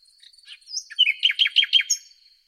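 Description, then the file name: Common nightingale song: soft opening notes building into a loud run of evenly spaced repeated chirping notes. "Luscinia megarhynchos"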